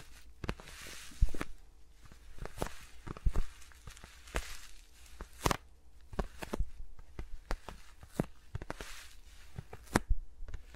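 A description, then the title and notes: Fingers rub and tap around microphones, giving irregular soft brushing swells and sharp taps, frequent and uneven, with no talking throughout. ASMR with Mics Around My Fingers (No Talking).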